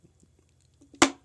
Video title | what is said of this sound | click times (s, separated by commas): Marantz SR7009, acoustic treatment, Dolby atmos and Zebra cakes?? | there it goes just clicks right in | 1.0 s